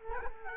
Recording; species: mosquito wingbeat signal from an infrared sensor; Culex quinquefasciatus